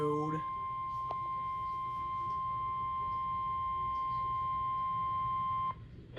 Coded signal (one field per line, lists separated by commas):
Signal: Emergency Alert System (SAME) tones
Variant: 1050 Hz attention tone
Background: speech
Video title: Giving My WR300 a Peanut Butter and Jelly Sandwich! EAS Alerts from 6/14/2026 (EAS 302-328)